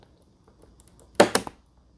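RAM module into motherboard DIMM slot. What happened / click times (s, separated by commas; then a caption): The module snapped into its slot / 1.2 s. A memory module is pressed firmly with both thumbs into a motherboard DIMM slot until the retention clips snap. A sharp, loud click at 1.2 s is followed by softer clicks at 1.4 s and 1.5 s against an otherwise quiet background. The stick is confirmed seated in the slot.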